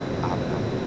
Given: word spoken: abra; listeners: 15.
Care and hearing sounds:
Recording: one Spanish word in noise, from a listening test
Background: speech-shaped noise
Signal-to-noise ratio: -5.8 dB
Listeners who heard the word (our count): 1 of 15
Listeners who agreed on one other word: 6 of 15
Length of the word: 0.47 s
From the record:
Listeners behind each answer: 6, 3, 1, 1, 1, 1, 1, 1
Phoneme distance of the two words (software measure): 10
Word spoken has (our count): 2 syllables, 4 phonemes, stress on syllable 1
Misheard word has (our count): 2 syllables, 4 phonemes, stress on syllable 1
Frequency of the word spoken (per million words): 6.88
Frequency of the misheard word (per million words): 108.79

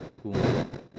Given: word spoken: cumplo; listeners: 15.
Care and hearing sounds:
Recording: one Spanish word in noise, from a listening test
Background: noise modulated by one talker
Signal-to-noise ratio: -12.2 dB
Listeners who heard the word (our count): 0 of 15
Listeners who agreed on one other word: 6 of 15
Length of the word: 0.59 s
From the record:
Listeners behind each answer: 6, 3, 2, 1, 1, 1, 1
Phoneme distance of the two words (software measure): 30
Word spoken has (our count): 2 syllables, 6 phonemes, stress on syllable 1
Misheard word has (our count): 2 syllables, 6 phonemes, stress on syllable 1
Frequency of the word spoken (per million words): 1.40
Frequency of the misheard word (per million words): 39.34

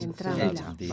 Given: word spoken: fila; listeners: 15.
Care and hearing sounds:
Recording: one Spanish word in noise, from a listening test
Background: four-talker babble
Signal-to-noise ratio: -2.9 dB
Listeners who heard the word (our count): 0 of 15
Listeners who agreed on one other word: 14 of 15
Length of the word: 0.53 s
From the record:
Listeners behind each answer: 14, 1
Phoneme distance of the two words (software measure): 62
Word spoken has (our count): 2 syllables, 4 phonemes, stress on syllable 1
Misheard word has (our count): 3 syllables, 8 phonemes, stress on syllable 2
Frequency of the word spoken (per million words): 19.46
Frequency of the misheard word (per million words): 8.04

